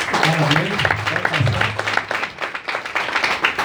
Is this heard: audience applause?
yes